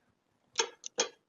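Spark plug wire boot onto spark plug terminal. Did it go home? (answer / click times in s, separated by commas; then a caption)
yes / 0.9 s. A rubber spark plug boot (ignition lead cap) is pushed onto the terminal of a freshly installed spark plug on a John Deere All Steer riding mower engine. Two louder, longer broadband bursts at about 0.6 and 1.0 seconds bracket a short, sharp click at 0.9 seconds. The boot is seated on the plug.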